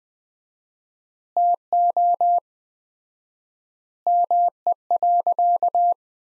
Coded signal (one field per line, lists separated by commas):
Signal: Morse code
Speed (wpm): 20 wpm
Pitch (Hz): 700 Hz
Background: none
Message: TO ME.